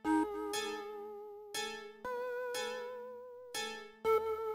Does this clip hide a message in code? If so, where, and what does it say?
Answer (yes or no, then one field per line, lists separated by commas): no